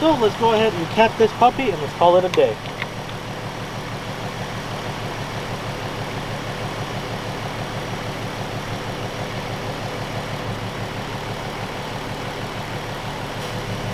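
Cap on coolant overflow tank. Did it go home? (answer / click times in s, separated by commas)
no / none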